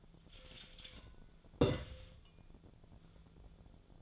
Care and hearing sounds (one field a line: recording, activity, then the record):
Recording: daily activity, microphone in the room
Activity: take from stove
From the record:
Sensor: 5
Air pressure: 1010.0 hPa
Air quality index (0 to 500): 154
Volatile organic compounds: 3 ppm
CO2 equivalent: 1505 ppm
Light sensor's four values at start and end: 241/585/249/274 and 243/586/251/277